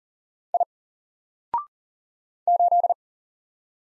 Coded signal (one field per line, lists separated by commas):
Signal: Morse code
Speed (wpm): 40 wpm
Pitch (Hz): 700 Hz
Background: none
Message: I 8